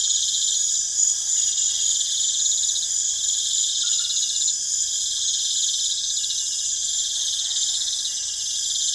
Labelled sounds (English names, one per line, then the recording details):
none
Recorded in pastures near Puerto Asís, Putumayo, Colombia, on 22 June 2025 at 20:00
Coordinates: 0.502, -76.324
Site G010